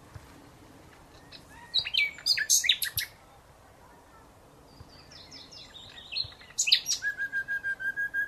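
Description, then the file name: Common nightingale song: two bursts of varied sharp notes and trills separated by a quiet gap, the second ending in a series of lower repeated pulses. "Luscinia megarhynchos"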